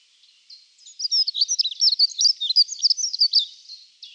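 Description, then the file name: Dunnock song, a hurried, jingling warble of high squeaky notes running without pause for about three seconds, clean with no other sounds. "POKRZYWNICA"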